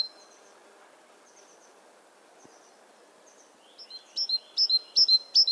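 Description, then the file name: Great tit song with faint high notes at first, then loud two-note phrases, high then lower, repeated rapidly in the final seconds over soft background noise. "Parus major"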